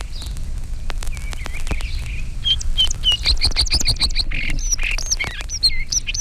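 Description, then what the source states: Song sparrows singing varied phrases of bright notes shifting in pitch. Four song sparrows singing; varied songs begin with two or three similar notes or phrases, then rapid notes of different pitches and qualities.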